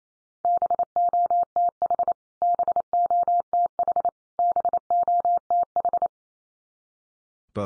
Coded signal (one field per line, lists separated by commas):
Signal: Morse code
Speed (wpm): 28 wpm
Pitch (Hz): 700 Hz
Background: none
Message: BOTH BOTH BOTH